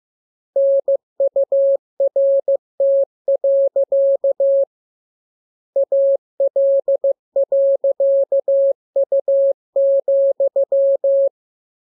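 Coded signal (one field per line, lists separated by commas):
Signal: Morse code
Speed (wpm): 15 wpm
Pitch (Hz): 550 Hz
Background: none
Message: NURT. AL.U,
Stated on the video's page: Morse receiving lesson covering letters and punctuation; radiograms begin with VVV and a section sign and end with AR.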